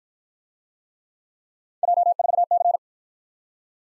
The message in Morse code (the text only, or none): J4C